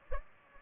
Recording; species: mosquito wingbeat signal from an infrared sensor; Culex pipiens